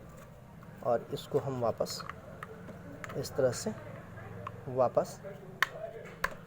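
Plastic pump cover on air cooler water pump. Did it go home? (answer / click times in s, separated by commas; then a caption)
yes / 5.6 s, 6.2 s. A plastic pump cover is pressed back onto the water pump of a V-Guard Akidio F70 air cooler after cleaning while someone talks. Two sharp snaps are heard at about 5.6 s and 6.2 s as the housing part clicks shut and seats firmly in place.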